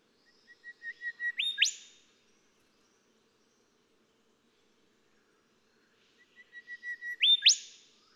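Golden whistler song: a series of steady whistled notes swelling louder, ending in an abrupt upward whip, given twice about six seconds apart.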